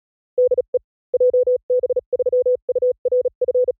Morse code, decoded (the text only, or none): DE JB3URF